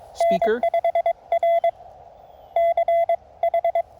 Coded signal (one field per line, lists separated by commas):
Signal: Morse code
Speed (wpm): 21 wpm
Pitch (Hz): 680 Hz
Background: speech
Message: N5R CH